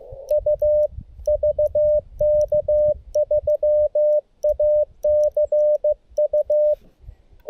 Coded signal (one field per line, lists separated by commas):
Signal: Morse code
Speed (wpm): 15 wpm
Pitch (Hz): 600 Hz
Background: none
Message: U VK3ACU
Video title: Portable Morse Code QRS Night, PoLo App & Bug QSO!